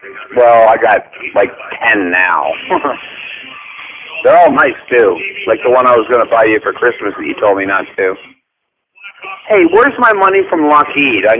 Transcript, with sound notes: well I got like 10 now. [laugh] They're all nice too. Like the one I was going to buy you for Christmas and you told me not to. Hey, where's my money from Lockheed?